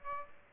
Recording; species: mosquito wingbeat signal from an infrared sensor; Aedes aegypti